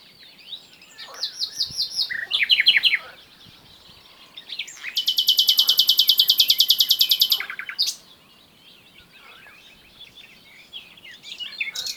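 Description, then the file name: Common nightingale song: fast chattering trills, then a loud rapid rattle of pulses lasting over two seconds, followed by quieter scattered notes. "Luscinia megarhynchos"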